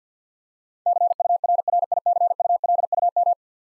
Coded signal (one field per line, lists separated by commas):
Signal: Morse code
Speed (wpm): 50 wpm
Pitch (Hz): 700 Hz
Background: none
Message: CURRICULUM